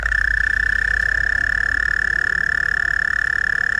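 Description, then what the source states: European mole cricket song, a continuous steady trill without pauses, holding one even pitch throughout. Similar to the tree cricket but lower, more sonorous and continuous with no pauses; audible from very far away.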